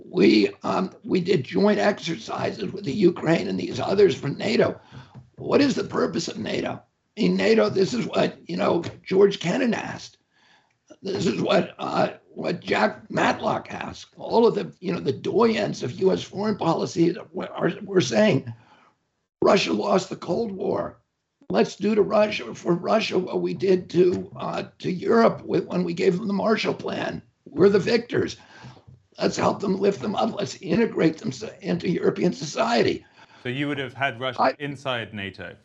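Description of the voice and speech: A man speaks fluently, but his voice is strained, tight and rough, with creaky, choked-off stretches, breathy leaks and brief voice breaks throughout. This strained, strangled quality is typical of spasmodic dysphonia, a neurological voice disorder of involuntary vocal fold spasms.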